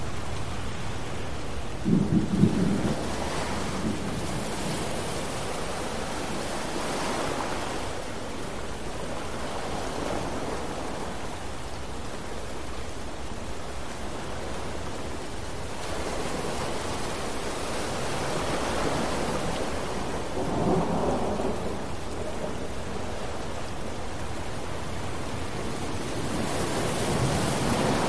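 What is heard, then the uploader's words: A thunderstorm with rain and ocean waves makes a dense, steady wash of hiss throughout. Low rumbling swells rise and fall every few seconds, with a stronger surge near 2 seconds and broader surges around 7, 18 and 21 seconds. Thunderstorm & Rain Sounds With Ocean Waves.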